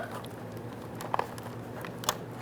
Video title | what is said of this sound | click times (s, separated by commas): How to Replace Firewall Cowl Grille 1994-2004 Ford Mustang | and press that in you'll hear it click into place do the same for the other side | 2.1 s